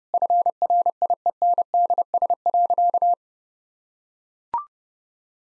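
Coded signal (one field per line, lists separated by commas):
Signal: Morse code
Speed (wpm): 30 wpm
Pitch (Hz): 700 Hz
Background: none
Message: FRIENDS.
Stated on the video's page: 30 WPM Morse copying practice of difficult sentences with contextual hints.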